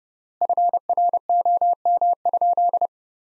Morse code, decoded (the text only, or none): FROM?